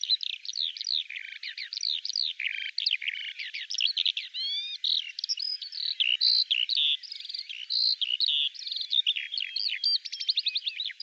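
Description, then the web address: Bird pouring out an intricate, nonstop run of varied chirps and whistles, each phrase quickly giving way to the next. "Deverinetal 2025 File cleaned normalized Bird Al Ar"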